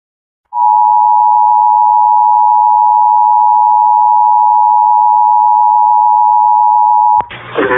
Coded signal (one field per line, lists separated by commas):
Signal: Emergency Alert System (SAME) tones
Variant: 853 and 960 Hz attention tone